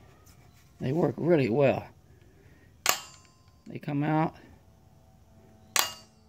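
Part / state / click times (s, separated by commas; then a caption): telescoping leg section into bipod leg / seated / 5.8 s. Someone talks while pulling out the telescoping metal leg sections of a CVLIFE bipod on a T/C Compass bolt-action .308 rifle to stand the rifle up taller. A sharp metallic clink sounds at 2.9 s, and another at 5.8 s as the leg extension locks into place, seated.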